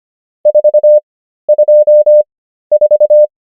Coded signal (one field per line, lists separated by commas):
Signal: Morse code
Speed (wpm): 25 wpm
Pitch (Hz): 600 Hz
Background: none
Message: 424